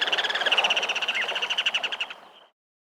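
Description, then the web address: Ruddy turnstone rattle: a rapid, even trill of sharp notes held about two and a half seconds, slowly fading before cutting off. "Turnstone"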